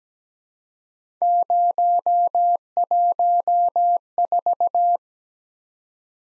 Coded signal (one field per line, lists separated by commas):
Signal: Morse code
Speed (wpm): 17 wpm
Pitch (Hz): 700 Hz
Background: none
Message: 014